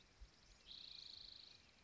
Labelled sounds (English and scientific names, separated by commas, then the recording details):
Spotted Towhee (Pipilo maculatus)
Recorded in Sonoma County, California